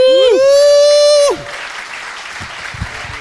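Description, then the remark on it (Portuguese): A short bright musical sting with sliding tones cuts off, giving way to steady audience applause welcoming a guest to a show, a dense crackle of many hands clapping at moderate volume. “Uma salva de palmas”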